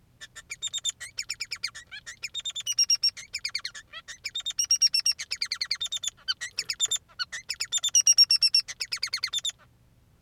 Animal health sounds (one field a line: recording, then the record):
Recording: song of a male Bengalese finch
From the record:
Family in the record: son of father 3